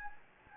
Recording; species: mosquito wingbeat signal from an infrared sensor; Anopheles gambiae